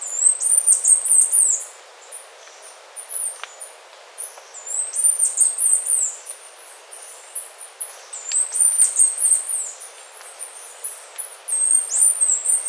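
Bird giving high-pitched, thin calls that slur downward, delivered in rapid clusters of several notes with short gaps, over a steady background hiss.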